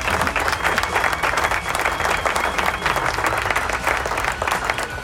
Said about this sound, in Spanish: Así que aplauso.